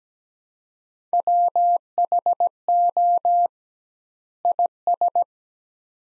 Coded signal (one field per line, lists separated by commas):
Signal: Morse code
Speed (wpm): 17 wpm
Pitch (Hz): 700 Hz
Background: none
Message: WHO IS